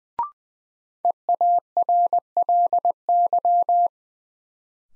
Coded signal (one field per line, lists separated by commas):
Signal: Morse code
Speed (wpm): 20 wpm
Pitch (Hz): 700 Hz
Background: none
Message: EARLY